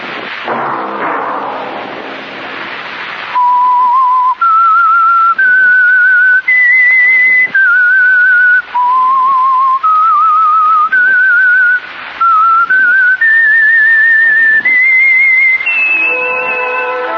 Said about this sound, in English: That whistle be your signal for the Signal Oil program, The Whistler, each Sunday night at this same time.